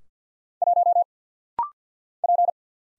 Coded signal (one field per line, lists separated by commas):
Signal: Morse code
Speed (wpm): 50 wpm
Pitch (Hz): 700 Hz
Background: none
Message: 1 P